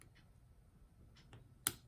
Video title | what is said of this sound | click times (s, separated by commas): Joy con drift fix | click you can gently tap it | 1.7 s